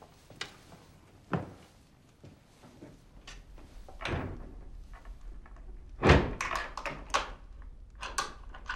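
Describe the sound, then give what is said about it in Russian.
A cupboard door thuds shut with a few dull wooden knocks, then a louder bang followed by a quick run of sharp clicks and rattles as it is locked with a key. No one speaks. “Шкаф на ключ, она спрятала свою книгу.”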